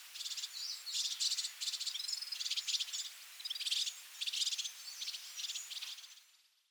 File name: redfront serin call